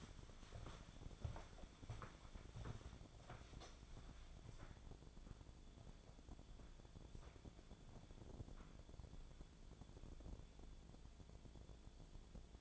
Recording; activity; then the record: daily activity, microphone in the room; walk to room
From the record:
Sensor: 5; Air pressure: 1000.0 hPa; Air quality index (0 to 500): 89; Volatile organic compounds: 1 ppm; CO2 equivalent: 732 ppm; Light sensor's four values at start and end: 411/997/425/479 and 406/1003/422/473